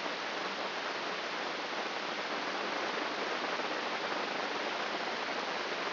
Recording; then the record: brain microelectrode recording played as sound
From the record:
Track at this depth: inside the subthalamic nucleus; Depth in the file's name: 6.029 mm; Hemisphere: left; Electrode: 3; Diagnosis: Parkinson's disease